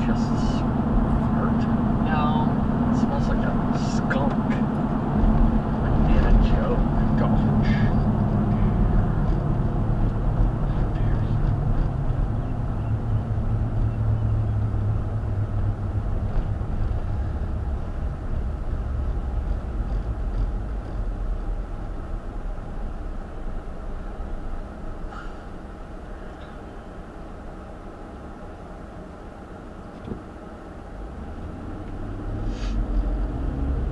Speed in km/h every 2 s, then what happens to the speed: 77, 77, 77, 74, 66, 53, 42, 35, 31, 24, 18, 11, 8, 0, 0, 0, 15.
0-6 steady at about 77. 6-26 brakes to 0. 26-30 standing. 30-34 pulls away to 15.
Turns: none.